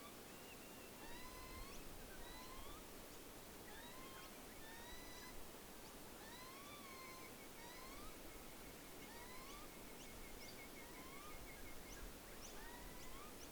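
Night chorus at Menindee Lakes: a steady wash of insect hiss under repeated rising and falling bird whistles, plus a brief buzzing trill midway.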